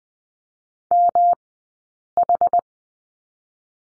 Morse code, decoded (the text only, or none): MH